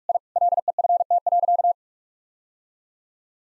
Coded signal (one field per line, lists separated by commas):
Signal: Morse code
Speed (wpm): 46 wpm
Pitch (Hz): 700 Hz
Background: none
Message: I LEFT.